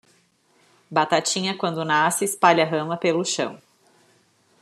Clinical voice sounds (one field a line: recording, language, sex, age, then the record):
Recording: short text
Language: Brazilian Portuguese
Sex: female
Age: 40 to 49 years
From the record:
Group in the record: control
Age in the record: 41 years